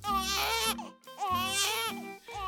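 Loud infant crying: two strained cry bursts with rich, wavering pitch contours, separated by brief pauses for breath, with a third burst beginning at the end.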